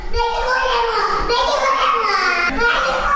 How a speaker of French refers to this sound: Cet enfant pleure parce que le médecin est en train de lui poser une sonde nasogastrique pour son alimentation. Cet enfant est atteint de malnutrition. Il a des cheveux éclaircis, des joues et des pieds gonflés.